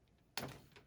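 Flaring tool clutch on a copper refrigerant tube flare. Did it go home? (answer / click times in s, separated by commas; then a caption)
yes / 0.4 s. A flaring tool's feed screw is turned down onto a copper line-set tube for a mini split refrigerant flare until the tool's clutch clicks and gives way at 0.4 s. The click is a sharp, broadband snap followed by a short decaying rattle. The clutch giving way confirms the flare is complete and should be good.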